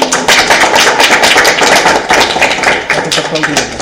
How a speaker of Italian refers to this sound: Applausi!